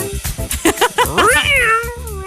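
A cat meows in a long, drawn-out cry that rises and then wavers and falls in pitch. It follows a quick series of short, rhythmic vocal bursts.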